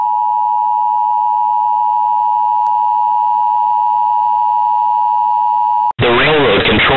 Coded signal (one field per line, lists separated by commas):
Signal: Emergency Alert System (SAME) tones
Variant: 853 and 960 Hz attention tone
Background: speech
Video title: Emergency Alert System - Atomic Train